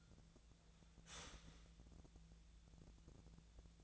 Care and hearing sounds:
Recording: daily activity, microphone in the room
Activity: start toaster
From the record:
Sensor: 3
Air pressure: 1000.3 hPa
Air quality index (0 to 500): 153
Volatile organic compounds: 3 ppm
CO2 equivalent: 1354 ppm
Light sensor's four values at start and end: 37/95/40/43 and 37/95/40/43

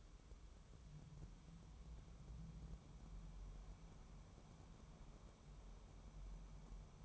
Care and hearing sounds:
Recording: daily activity, microphone in the room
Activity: wipe stove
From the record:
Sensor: 1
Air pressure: 1015.1 hPa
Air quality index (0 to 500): 76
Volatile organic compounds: 2 ppm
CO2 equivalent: 1000 ppm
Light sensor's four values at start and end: 14/32/13/15 and 14/32/13/15

